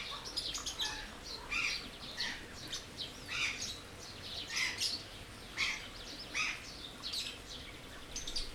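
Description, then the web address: Birds uttering harsh, squawky chirps repeated roughly every half second to second, a steady chattering rhythm over light hiss. Birds in an aviary at Jászberény Zoo, 2016. "allathangok jaszberenyizoo 2016 madarak ropde"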